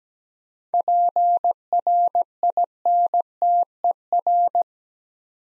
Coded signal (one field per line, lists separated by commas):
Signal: Morse code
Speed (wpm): 17 wpm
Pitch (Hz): 700 Hz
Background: none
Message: PRINTER